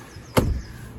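In the cargo area of a Porsche Cayenne 3.0T V6 Tiptronic S 4WD SUV, the button is pressed again to unlock the folded rear seat backrest. The backrest releases from its latch and snaps up with a sharp click at 0.4 s, followed by a brief low rumble. There is no talking.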